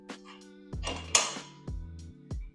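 On the right side of a leg extension machine, the spring-loaded steel pop pin is pulled and released, and the arm is moved under weight until the pin pops into its locking hole in the adjustment arm. A series of sharp metallic knocks and rattles with a low ringing hum is heard, with the loudest snap at 1.2 s as the pin seats into place.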